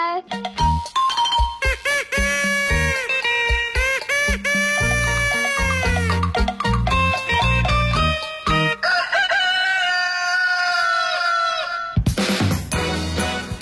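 A rooster crows several times in loud, drawn-out calls that rise and fall in pitch, followed by a brief burst of other sound at the very end.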